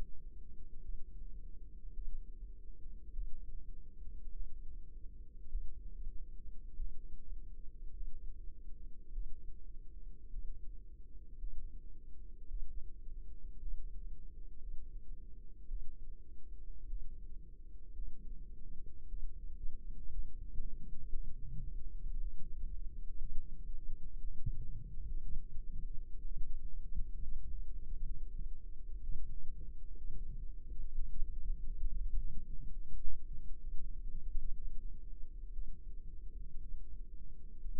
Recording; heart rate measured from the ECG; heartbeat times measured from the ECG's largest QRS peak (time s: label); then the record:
heart sounds by microphone in the left ear; 57 bpm
0.80 s: heartbeat
1.92 s: heartbeat
3.12 s: heartbeat
4.31 s: heartbeat
5.48 s: heartbeat
6.76 s: heartbeat
7.92 s: heartbeat
9.11 s: heartbeat
10.30 s: heartbeat
11.38 s: heartbeat
12.47 s: heartbeat
13.59 s: heartbeat
14.58 s: heartbeat
15.67 s: heartbeat
16.87 s: heartbeat
17.93 s: heartbeat
19.07 s: heartbeat
20.10 s: heartbeat
21.09 s: heartbeat
22.19 s: heartbeat
23.18 s: heartbeat
24.21 s: heartbeat
25.21 s: heartbeat
26.23 s: heartbeat
27.20 s: heartbeat
28.05 s: heartbeat
29.03 s: heartbeat
29.96 s: heartbeat
30.95 s: heartbeat
31.91 s: heartbeat
32.71 s: heartbeat
33.60 s: heartbeat
34.53 s: heartbeat
35.53 s: heartbeat
36.59 s: heartbeat
37.60 s: heartbeat
From the record:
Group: healthy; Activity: rest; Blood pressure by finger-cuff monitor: 97/60 mmHg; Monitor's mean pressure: 73 mmHg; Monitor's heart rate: 57 bpm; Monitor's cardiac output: 4.9 L/min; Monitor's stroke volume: 91 mL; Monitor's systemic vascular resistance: 1050 dyn s/cm5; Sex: female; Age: 28 years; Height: 170 cm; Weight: 77 kg